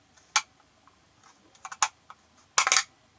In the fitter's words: clicked right in